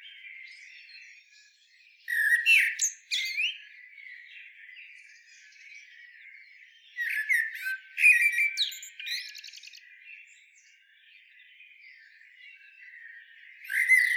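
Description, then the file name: Eurasian blackbird song: loud fluting phrases with squeaky high notes, separated by softer warbling and chirps. "Turdus merula"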